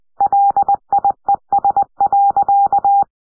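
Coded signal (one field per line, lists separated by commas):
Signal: Morse code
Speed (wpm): 20 wpm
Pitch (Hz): 800 Hz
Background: none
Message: LIES.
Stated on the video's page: Morse from a Call of Duty Black Ops 6 trailer or Zombies gameplay.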